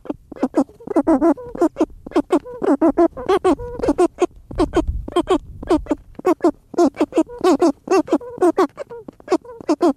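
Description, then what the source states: Cory's shearwaters giving raspy, nasal, undulating wails in a busy chorus, with a brief low rumble partway through. Cory's shearwater vocalizations during mating, seabirds.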